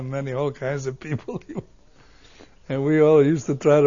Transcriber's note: he laughs